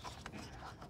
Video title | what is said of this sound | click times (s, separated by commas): ***Replace a 2018 Toyota Rav4 Headlight Bulb for Beginners*** | then just got to pop this right in wait for the click and | 0.3 s